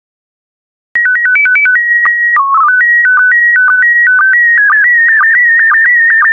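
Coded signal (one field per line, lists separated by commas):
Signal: SSTV (slow-scan television)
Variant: PD 120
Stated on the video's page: SSTV images sent in PD120 mode.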